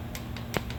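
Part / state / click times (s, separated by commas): click-type torque wrench tightening a spark plug into an engine cylinder head / torque reached / 0.6 s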